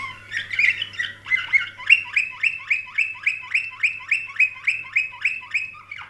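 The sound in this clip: Canary song: a jumble of quick notes leading into a steady rhythmic trill of evenly repeated chirps, about three to four per second.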